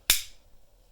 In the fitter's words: Snaps right into place, and you just feel